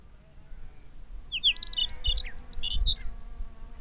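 Chinese rubythroat song, a short burst of varied, scratchy high warbled notes over a low rumble.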